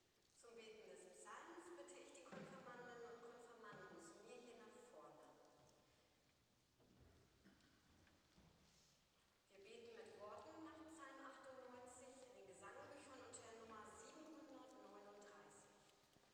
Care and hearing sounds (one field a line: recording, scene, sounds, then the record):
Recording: everyday scene through a hearing-aid microphone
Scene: reverberant space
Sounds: speech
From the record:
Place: church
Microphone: in the ear canal, left